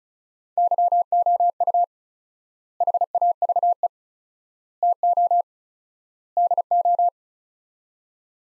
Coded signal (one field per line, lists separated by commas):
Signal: Morse code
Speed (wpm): 34 wpm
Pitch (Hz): 700 Hz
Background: none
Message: YOU HAVE TO DO